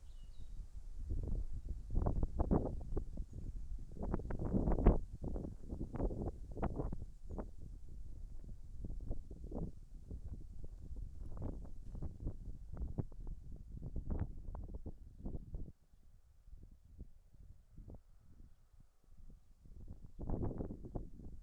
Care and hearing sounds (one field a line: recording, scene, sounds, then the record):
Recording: everyday scene through a hearing-aid microphone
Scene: wind on the microphone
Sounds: wind, birds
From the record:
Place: in front of a rural house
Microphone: behind the ear, right, front